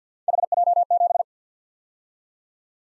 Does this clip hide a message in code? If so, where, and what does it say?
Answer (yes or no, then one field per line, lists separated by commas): yes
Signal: Morse code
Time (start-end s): 0.3-1.2 s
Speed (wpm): 47 wpm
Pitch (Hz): 700 Hz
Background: none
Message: HJ7